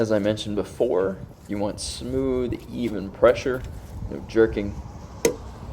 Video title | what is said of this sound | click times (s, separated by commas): Save Hundreds: Pro Tech Shows 2003-2008 Toyota Corolla Rear Wheel Bearing Fix in 30 Minutes or Less | and you should hear that torque wrench click for you this is a split beam you could use one of the oldfashioned | 5.2 s